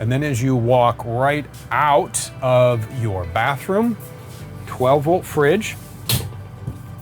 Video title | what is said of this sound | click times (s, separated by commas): 2026 Axis 26.2 - Class A Comfort. Class C Confidence. | All right, so that just locks into place, and freezer's up top, your fridge is down below. | 6.1 s